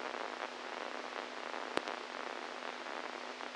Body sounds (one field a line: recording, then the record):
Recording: brain microelectrode recording played as sound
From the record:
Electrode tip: inside the subthalamic nucleus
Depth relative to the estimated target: 0 mm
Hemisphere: right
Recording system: NeuroSet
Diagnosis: Parkinson's disease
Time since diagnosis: 10 years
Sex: male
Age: 65 years